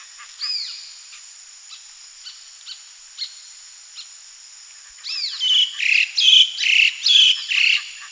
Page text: Moluccan Starlings Calls. Quick Sounds